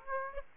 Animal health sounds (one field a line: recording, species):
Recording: mosquito wingbeat signal from an infrared sensor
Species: Aedes aegypti